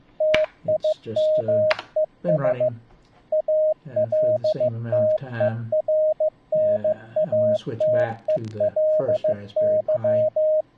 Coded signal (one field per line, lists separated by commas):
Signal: Morse code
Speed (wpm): 15 wpm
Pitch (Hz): 620 Hz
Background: speech, radio noise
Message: TIMES ALTERNATELY